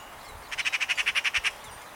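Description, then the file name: Eurasian magpie giving a harsh, rattling chatter of about eleven rapid, evenly spaced grating notes lasting roughly one second. "Skata"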